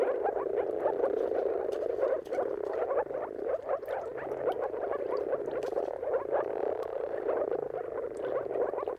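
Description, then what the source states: Dense moor frog chorus, low bubbling calls running continuously with slight surges in loudness. Chorus of moor frogs giving mating calls at sunrise at the turn of March and April, timing depending on the weather.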